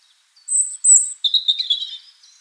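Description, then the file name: European robin song phrase: a thin, very high whistle followed by a quick run of tinkling, warbled notes, in otherwise quiet surroundings. "Erithacus rubecula"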